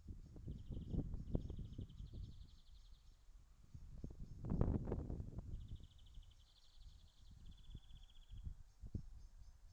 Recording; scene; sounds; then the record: everyday scene through a hearing-aid microphone; wind on the microphone; wind, traffic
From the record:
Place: in front of a rural house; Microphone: in the ear canal, left